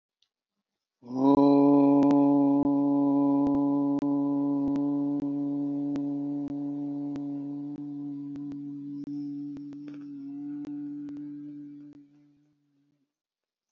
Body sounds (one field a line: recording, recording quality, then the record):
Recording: sustained vowel as in boot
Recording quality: excellent, no background noise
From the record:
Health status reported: healthy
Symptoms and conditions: hypertension, ischaemic heart disease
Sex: male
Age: 58 years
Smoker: no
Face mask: not worn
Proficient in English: yes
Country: India